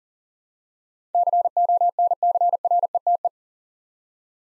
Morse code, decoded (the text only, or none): CONCRETE